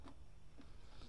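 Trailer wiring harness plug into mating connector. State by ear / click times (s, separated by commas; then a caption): not seated / none. A factory trailer wiring harness plug on a 4Runner is handled against its mating plastic connector, with only faint small hits at about 0.1 s and 0.6 s over a low background hum. Nothing has seated or clicked yet.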